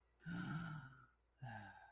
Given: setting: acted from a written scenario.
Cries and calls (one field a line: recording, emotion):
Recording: vocal sound without words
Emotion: romantic love